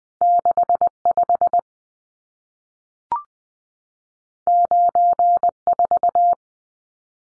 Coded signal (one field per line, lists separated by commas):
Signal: Morse code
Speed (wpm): 20 wpm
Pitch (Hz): 700 Hz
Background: none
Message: 65 94